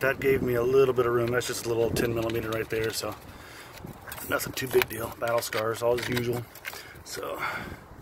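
A plastic connector or cap is handled in a Silverado/Sierra engine bay while an engine component is being reassembled after an oil pressure switch replacement. Someone talks over a few faint handling sounds. Nothing has seated or clicked yet.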